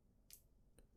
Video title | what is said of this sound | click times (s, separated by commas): AirPods Pro First 11 Things To Do! | Just like so. Once you hear a click, it is in there. | 0.3 s